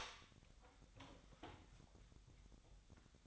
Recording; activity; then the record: daily activity, microphone in the room; open door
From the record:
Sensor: 3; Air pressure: 1007.1 hPa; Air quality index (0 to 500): 204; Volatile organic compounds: 18 ppm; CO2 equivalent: 2614 ppm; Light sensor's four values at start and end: 12/28/12/12 and 12/28/12/12